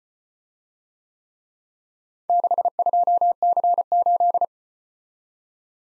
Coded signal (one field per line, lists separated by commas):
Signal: Morse code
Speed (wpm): 34 wpm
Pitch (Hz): 700 Hz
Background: none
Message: 62C8